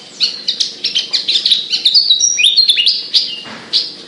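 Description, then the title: Javan bush lark giving a hurried, jumbled song of thin chirps and downward-slurred whistles, with a faint steady hum underneath. Described as singing 'gacor', meaning constant lively singing. "Branjangan Gacor Petir 1"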